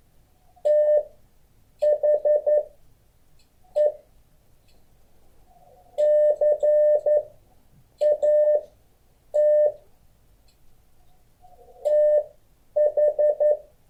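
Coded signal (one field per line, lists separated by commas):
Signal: Morse code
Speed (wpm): 11 wpm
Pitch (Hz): 600 Hz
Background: none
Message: THE CAT TH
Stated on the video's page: Morse code class.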